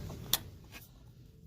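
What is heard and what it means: On a 2010 Challenger being repaired for a fuel leak, a fuel line quick-connect fitting is pushed onto its mating fuel line. One sharp snap is heard at 0.3 s over a low background rumble. The connector snaps in and is seated.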